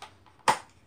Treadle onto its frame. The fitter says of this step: the treadle is just snap right on there